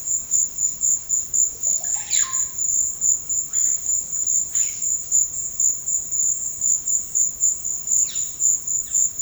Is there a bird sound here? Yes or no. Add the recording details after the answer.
yes. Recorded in secondary vegetation near Puerto Asís, Putumayo, Colombia, on 13 March 2025 at 15:00. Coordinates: 0.484, -76.319. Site G010